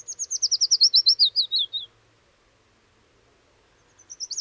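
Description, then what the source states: Willow warbler song: a high, descending phrase of many slurred notes lasting under two seconds, then silence before the next phrase begins. Silvery, shivering song accompanying the arrival of spring; song best separates it from the similar-looking chiffchaff.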